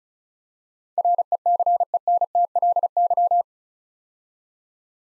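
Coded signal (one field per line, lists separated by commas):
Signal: Morse code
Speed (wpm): 36 wpm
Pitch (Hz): 700 Hz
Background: none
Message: RECENTLY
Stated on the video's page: Morse word-copying practice at 35 wpm: eight-letter words sent, spoken, then sent again.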